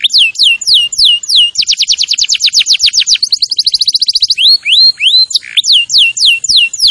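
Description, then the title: Canary singing descending sweeps, then a long rapid trill, then rising whistles and falling slurs, all high-pitched and continuous. "Kenari Gacor"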